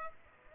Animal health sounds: mosquito wingbeat signal from an infrared sensor; Aedes aegypti

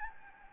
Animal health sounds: mosquito wingbeat signal from an infrared sensor; Anopheles gambiae

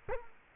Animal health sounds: mosquito wingbeat signal from an infrared sensor; Culex quinquefasciatus

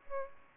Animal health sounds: mosquito wingbeat signal from an infrared sensor; Aedes aegypti

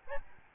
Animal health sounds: mosquito wingbeat signal from an infrared sensor; Aedes albopictus

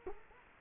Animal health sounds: mosquito wingbeat signal from an infrared sensor; Culex quinquefasciatus

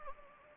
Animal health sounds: mosquito wingbeat signal from an infrared sensor; Anopheles gambiae

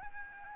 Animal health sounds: mosquito wingbeat signal from an infrared sensor; Aedes albopictus

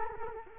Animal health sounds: mosquito wingbeat signal from an infrared sensor; Culex quinquefasciatus

